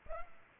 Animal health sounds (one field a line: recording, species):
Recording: mosquito wingbeat signal from an infrared sensor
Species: Culex pipiens